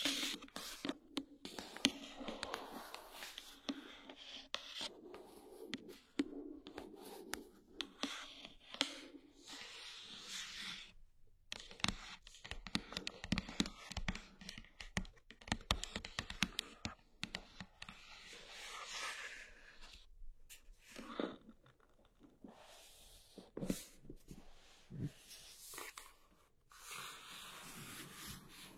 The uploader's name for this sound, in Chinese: 物品触发音